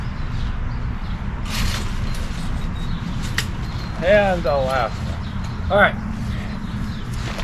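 The final frame lock joint of a pop-up shower tent is pushed into place and locks with a sharp click at 3.4 seconds over a steady low rumble. Someone talks afterward, and the joint is seated.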